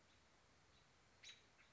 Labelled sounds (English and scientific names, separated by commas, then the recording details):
American Robin (Turdus migratorius)
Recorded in Sonoma County, California